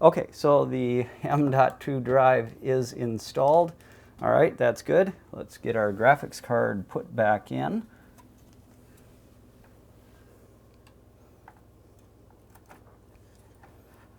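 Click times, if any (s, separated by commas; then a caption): none. Someone talks for about the first 8 seconds, then faint handling sounds follow as a graphics card is lined up to go into the motherboard's PCIe slot, with small ticks near 10.9, 11.5, 12.6, 12.7 and 13.6 seconds. The card has not seated or snapped into the slot yet.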